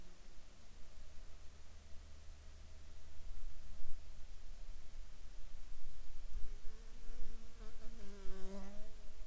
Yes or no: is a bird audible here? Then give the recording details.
no. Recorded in the Arctic National Wildlife Refuge, Alaska, on 7 July 2019 at 19:34. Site 41